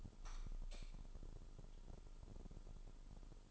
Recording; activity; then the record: daily activity, microphone in the room; light on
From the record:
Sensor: 5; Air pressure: 988.5 hPa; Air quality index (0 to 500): 213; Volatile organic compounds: 107 ppm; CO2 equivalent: 3801 ppm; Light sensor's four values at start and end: 45/133/52/55 and 46/139/54/58